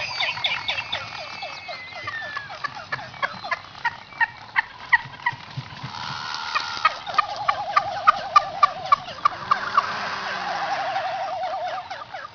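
Frigatebird calls: rapid clicking rattles, a wavering warbled trill midway, and thin whistles.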